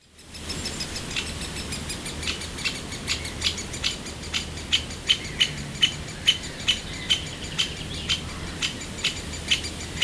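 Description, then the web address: Bird alarm call: sharp, clicking ticks repeated a few times a second, growing steadier and louder partway through, over a low constant hum. Warning call. "linnut ktvaroitus"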